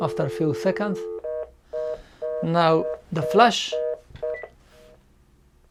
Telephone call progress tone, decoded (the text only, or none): reorder tone